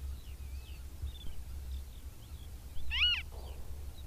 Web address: Madardalok - Barna rétihéja